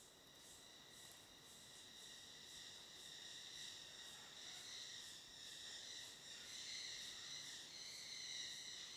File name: caverna do ramiro gravacao em ab mata atras com gotejar, mosca, cigarras, passaros